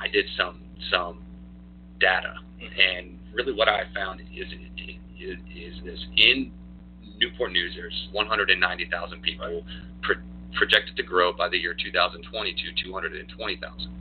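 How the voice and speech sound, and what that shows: An adult man, a 34-year-old pastor who has stuttered since he was young, speaks in a low-pitched voice with stuttering: repeated words and sound repetitions, prolonged sounds, and frequent voiced pauses and hesitations breaking up the flow of speech.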